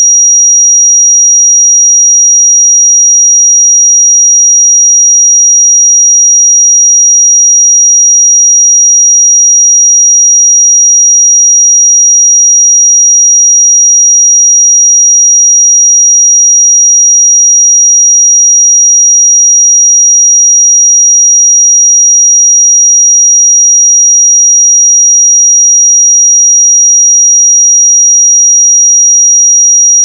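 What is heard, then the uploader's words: A pure sine tone at 5736 Hz holds perfectly steady for the full thirty seconds, a single thin, high, piercing pitch. Its loudness never changes, and there are no breaks, no other sounds, and no background noise beneath it. 5736 Hz 1 Hz Interval Sine Pure Tone Frequency 441000 Sample Mono.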